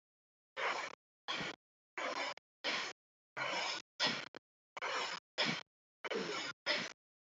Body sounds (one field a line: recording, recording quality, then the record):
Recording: shallow breathing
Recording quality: excellent, no background noise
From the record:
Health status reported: recovered from COVID-19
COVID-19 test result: positive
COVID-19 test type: RT-PCR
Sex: female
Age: 26 years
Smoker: no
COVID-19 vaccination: both doses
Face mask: not worn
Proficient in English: yes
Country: India